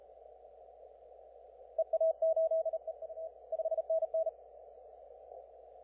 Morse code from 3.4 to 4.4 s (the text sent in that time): 5NN